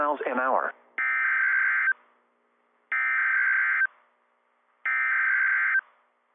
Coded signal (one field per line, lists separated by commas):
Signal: Emergency Alert System (SAME) tones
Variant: header bursts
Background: speech